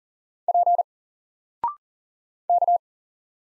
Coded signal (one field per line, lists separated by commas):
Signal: Morse code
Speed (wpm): 39 wpm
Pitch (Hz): 700 Hz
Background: none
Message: P K